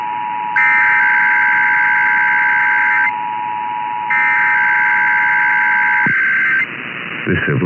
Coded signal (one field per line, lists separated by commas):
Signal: Emergency Alert System (SAME) tones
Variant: header bursts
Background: speech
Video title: EAS #208-213 - Presidents' Day IPAWS Weekly (2/19/24)